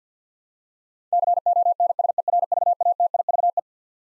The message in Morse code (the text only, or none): CONSERVATIVE